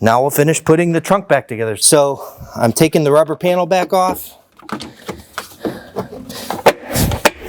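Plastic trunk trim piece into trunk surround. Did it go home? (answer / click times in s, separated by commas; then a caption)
yes / 7.3 s. Someone talks while reassembling the trunk of a Tesla Model Y or Model 3 during a sound system upgrade, then handling and tapping noises follow as a plastic trunk trim piece is pressed back into the trunk surround. The piece snaps back into place with a sharp click at 7.3 s.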